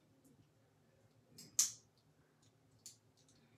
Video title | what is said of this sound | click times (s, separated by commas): How do you spell it and Ivy prime | You'll hear a snap. | 1.6 s